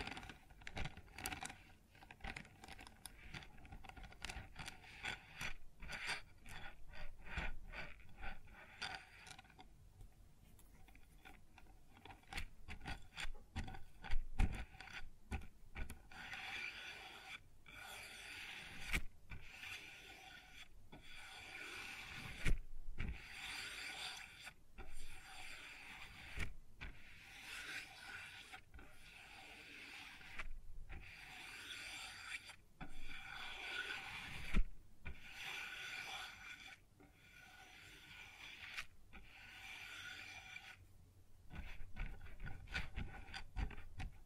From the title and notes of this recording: ASMR Sounds on Wooden Surface (No Talking).